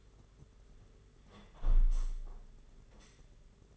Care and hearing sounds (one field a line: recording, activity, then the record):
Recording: daily activity, microphone in the room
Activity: close window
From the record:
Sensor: 4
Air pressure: 992.1 hPa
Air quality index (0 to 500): 100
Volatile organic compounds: 12 ppm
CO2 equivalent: 2346 ppm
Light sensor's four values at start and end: 23/78/28/30 and 22/77/28/30